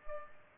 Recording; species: mosquito wingbeat signal from an infrared sensor; Culex pipiens